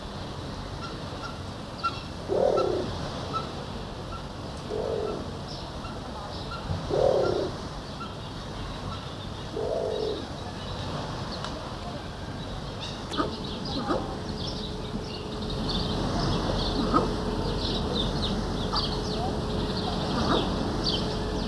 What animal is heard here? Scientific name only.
Ducula aenea